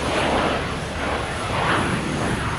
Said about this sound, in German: Da startet ein Flugzeug. Mann, wie schnell das über die Straße rast. Und jetzt fliegt es hoch in den Himmel.